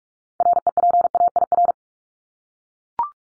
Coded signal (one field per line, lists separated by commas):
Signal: Morse code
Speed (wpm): 44 wpm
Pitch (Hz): 700 Hz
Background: none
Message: REPAIR